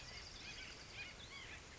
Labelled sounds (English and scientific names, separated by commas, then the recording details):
White-breasted Nuthatch (Sitta carolinensis)
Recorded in Sonoma County, California